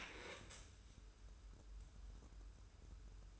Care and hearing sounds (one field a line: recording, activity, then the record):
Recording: daily activity, microphone in the room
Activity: stand up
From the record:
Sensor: 2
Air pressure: 994.3 hPa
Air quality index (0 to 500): 202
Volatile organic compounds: 1000 ppm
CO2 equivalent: 6648 ppm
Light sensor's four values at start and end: 115/276/116/122 and 78/178/79/84